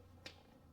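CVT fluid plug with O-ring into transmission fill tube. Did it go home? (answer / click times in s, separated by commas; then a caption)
yes / 0.3 s. An oiled O-ring on the CVT fluid fill/check plug is pushed into the transmission fill tube of a Nissan Altima. A single sharp click is heard at 0.3 s over a quiet background, and the plug is seated in place.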